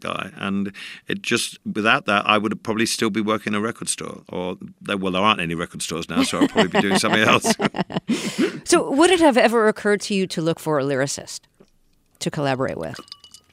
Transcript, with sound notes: And it just - without that, I would probably still be working a record store or - well, there aren't any record stores now, so I'd probably be doing something else.
(LAUGHTER)
So would it have ever occurred to you to look for a lyricist to collaborate with?